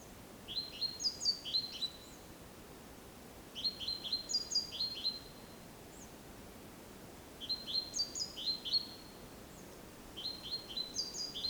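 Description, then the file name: Great tit: four short bursts of bright, high chirping notes separated by pauses of a couple of seconds, with steady low hiss behind. "Parus major"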